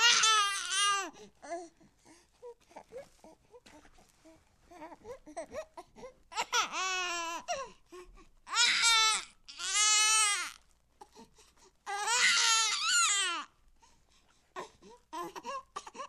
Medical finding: Newborn Baby Crying.